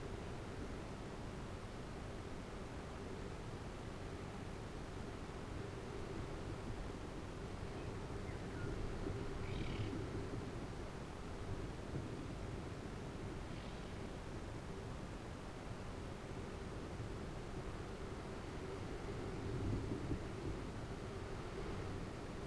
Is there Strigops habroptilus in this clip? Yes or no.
no